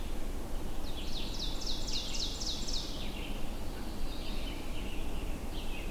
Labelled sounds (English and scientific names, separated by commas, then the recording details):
Ovenbird (Seiurus aurocapilla) song
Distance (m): 80 m
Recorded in boreal forest in Alberta, Canada, on 22 June 2016 at 08:52
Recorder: SongMeter 3, array SBT-6-76
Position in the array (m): 153 m, 119 m
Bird 3